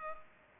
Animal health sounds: mosquito wingbeat signal from an infrared sensor; Culex pipiens

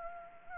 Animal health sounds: mosquito wingbeat signal from an infrared sensor; Anopheles gambiae

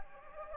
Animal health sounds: mosquito wingbeat signal from an infrared sensor; Anopheles gambiae

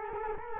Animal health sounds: mosquito wingbeat signal from an infrared sensor; Culex quinquefasciatus

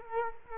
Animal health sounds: mosquito wingbeat signal from an infrared sensor; Culex quinquefasciatus

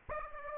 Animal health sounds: mosquito wingbeat signal from an infrared sensor; Aedes aegypti

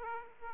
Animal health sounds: mosquito wingbeat signal from an infrared sensor; Aedes aegypti

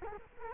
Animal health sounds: mosquito wingbeat signal from an infrared sensor; Culex quinquefasciatus

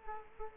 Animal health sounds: mosquito wingbeat signal from an infrared sensor; Culex quinquefasciatus

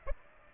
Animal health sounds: mosquito wingbeat signal from an infrared sensor; Aedes aegypti

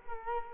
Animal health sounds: mosquito wingbeat signal from an infrared sensor; Culex quinquefasciatus

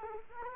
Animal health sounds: mosquito wingbeat signal from an infrared sensor; Culex quinquefasciatus

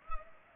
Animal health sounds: mosquito wingbeat signal from an infrared sensor; Culex pipiens

